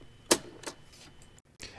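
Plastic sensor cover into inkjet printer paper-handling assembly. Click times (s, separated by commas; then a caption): 0.3 s. A small plastic sensor cover is pressed straight down into the paper-handling sensor assembly of an HP OfficeJet Pro 8022 inkjet printer during reassembly. A sharp, loud click at 0.3 s marks the cover seating in place, followed by a few faint ticks and a brief rustle near the end.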